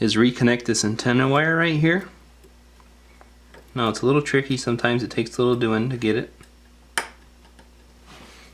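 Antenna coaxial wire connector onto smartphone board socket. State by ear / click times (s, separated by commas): seated / 7.0 s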